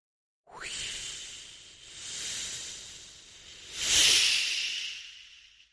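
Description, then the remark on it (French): Wind from the English Channel whistles between the granite blocks of Blackmore Island in fog, a steady, airy hiss with a thin high-pitched whistle running through it, swelling in two gusts, loudest near the end, then fading away. No voices. “Il résonnait en toute saison, dès que le vent se levait de la Manche pour se faufiler entre les blocs de granit de l'île, produisant ce sifflement sinistre”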